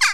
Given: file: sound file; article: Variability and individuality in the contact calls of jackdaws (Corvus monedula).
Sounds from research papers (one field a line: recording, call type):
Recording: jackdaw call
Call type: harmonic